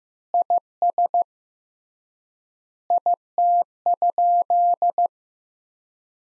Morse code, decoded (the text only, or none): IS IT?